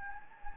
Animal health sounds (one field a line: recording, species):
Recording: mosquito wingbeat signal from an infrared sensor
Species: Anopheles gambiae